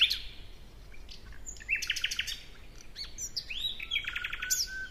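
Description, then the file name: Common nightingale song: a sequence of varied phrases, fast chirped notes, short whistles and a rapid stuttered burst near the end. "Luscinia megarhynchos"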